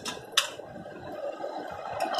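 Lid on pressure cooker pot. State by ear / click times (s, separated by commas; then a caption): released / 0.4 s. The locked lid of a pressure cooker pot is turned open, giving a sharp metallic click at 0.4 s. The lid unlocks and opens, and a low, steady hum continues afterward.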